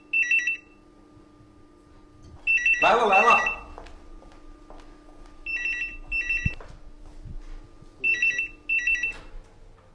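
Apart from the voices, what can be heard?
telephone ringing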